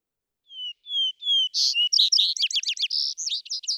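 Vesper sparrow song opening with three clear, steady whistles that grow louder, then a bright jumble of quick warbled notes and trills.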